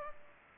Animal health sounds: mosquito wingbeat signal from an infrared sensor; Culex pipiens

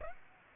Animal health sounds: mosquito wingbeat signal from an infrared sensor; Aedes aegypti

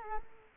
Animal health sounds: mosquito wingbeat signal from an infrared sensor; Culex quinquefasciatus

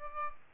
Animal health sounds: mosquito wingbeat signal from an infrared sensor; Aedes albopictus

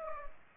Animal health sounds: mosquito wingbeat signal from an infrared sensor; Aedes aegypti

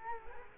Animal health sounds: mosquito wingbeat signal from an infrared sensor; Culex quinquefasciatus

